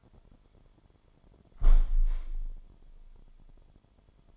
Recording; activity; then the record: daily activity, microphone in the room; close window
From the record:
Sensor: 5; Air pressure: 998.7 hPa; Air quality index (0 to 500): 101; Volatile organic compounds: 2 ppm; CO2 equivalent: 1166 ppm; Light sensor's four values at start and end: 34/83/34/39 and 34/83/34/39